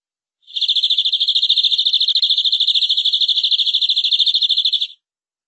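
Canary trilling continuously, a fast pulsing high-pitched roll sustained for over four seconds before ending abruptly.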